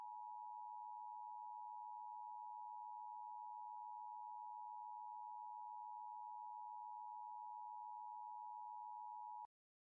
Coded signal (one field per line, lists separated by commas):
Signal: Emergency Alert System (SAME) tones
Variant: 853 and 960 Hz attention tone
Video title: SEASON FINALE! | LIVE AM/MW DX: DX Central Live - S. 4, Ep. 17 | Friday, May 3, 2024